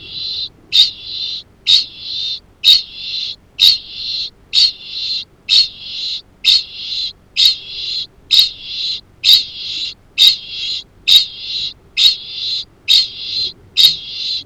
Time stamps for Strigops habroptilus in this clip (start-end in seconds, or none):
0.00-14.45